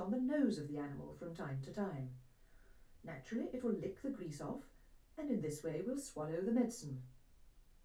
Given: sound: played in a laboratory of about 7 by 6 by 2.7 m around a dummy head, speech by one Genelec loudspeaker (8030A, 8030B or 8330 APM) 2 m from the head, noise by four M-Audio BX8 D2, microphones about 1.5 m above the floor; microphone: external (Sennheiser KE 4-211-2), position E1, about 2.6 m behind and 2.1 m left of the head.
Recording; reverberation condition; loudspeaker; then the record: female speech in English; low; 120 degrees to the right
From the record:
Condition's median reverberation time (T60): about 310 ms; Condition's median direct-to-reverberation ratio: about 3.5 dB